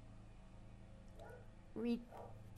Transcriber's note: dogs barking